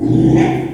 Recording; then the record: squeal of a Yucatan mini pig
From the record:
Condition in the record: after surgery on the right vocal fold (resection and tissue-engineered implant); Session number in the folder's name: 3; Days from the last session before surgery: 33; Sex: male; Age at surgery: 12 weeks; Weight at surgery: 13 kg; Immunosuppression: cyclosporine, prednisolone